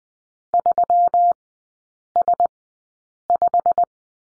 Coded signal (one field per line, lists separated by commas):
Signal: Morse code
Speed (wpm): 20 wpm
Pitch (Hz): 700 Hz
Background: none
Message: 3S5